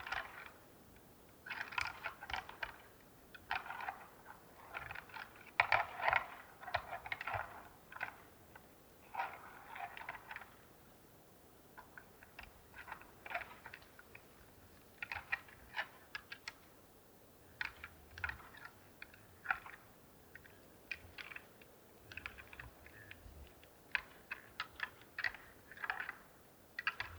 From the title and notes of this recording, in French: Plateau de St Dizier en diois - Drôme - Mixpr3 - mkh40. Le podcast d'aujourd'hui est le résultat d'un long piège à son déposé le 09 janvier au soir vers 17h00 et récupéré le matin du 10 vers 11h00. Ce combat éloigné de deux cerf élaphe combattant pour la possession d'un territoire.